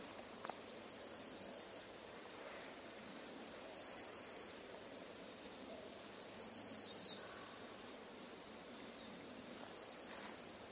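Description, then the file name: Eurasian blue tit singing: high thin opening notes dropping into a fast, buzzy trill, about a second long, given four times with pauses of a few seconds. "Cyanistes caeruleus"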